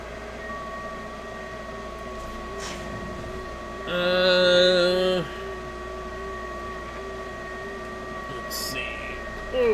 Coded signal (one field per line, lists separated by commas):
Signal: FT8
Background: speech